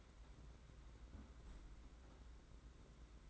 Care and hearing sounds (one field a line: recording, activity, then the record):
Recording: daily activity, microphone in the room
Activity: close fridge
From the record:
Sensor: 3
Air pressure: 991.8 hPa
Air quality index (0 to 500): 216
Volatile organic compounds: 1000 ppm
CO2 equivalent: 7372 ppm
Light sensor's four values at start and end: 33/99/40/34 and 33/99/40/34